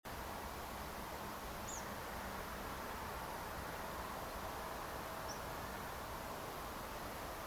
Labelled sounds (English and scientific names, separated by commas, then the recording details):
Tree Pipit (Anthus trivialis), unidentified sound
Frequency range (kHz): Tree Pipit (Anthus trivialis) 5.2-7.7 kHz
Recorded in France